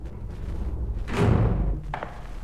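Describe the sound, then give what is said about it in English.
A heavy prison cell door is swung open by a guard with a dull, low thud, followed by a brief clank of metal against a steady low rumble. “Be ready when he opens the door.”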